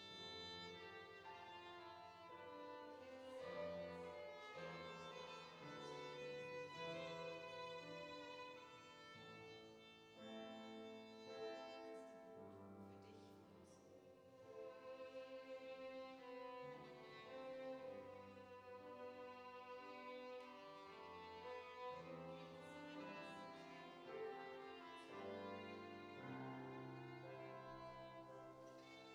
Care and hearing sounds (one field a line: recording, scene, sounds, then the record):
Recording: everyday scene through a hearing-aid microphone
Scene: reverberant space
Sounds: music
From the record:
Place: church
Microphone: in the ear canal, right